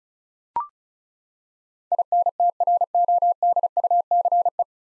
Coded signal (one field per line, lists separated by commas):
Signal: Morse code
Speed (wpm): 36 wpm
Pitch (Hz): 700 Hz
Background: none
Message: INTRODUCE